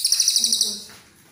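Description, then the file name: Cililin coklat giving one quick high trill of about eight sharp pulses, fading into soft low chatter. "suara cililin coklat"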